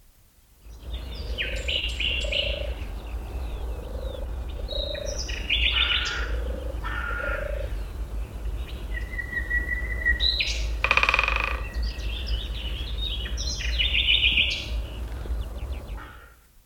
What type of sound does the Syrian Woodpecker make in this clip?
drumming